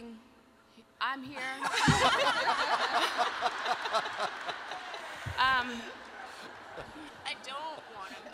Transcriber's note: laughter